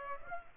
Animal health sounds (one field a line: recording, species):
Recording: mosquito wingbeat signal from an infrared sensor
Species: Aedes aegypti